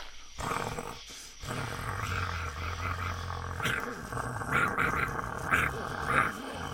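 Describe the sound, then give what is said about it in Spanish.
A werewolf standing on two legs growls: a deep, throaty growl rumbles steadily for a few seconds, then breaks into harsher snarling bursts with rising, raspy peaks, loud and continuous throughout. “Vos no sos un lobo, ¿eh? Estás parado en dos patas, loco.”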